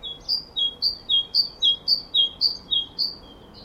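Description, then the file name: Great tit song, a high note dropping to a lower one, this two-note phrase repeated about six times in quick, even rhythm. "Parus major"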